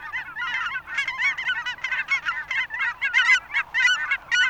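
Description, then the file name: Cackling goose: cackling geese giving a dense chorus of high, yelping honks, overlapping rapidly with several birds calling at once throughout. "Dvargkanadagas"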